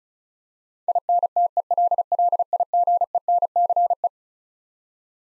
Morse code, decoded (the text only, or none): INTELLIGENCE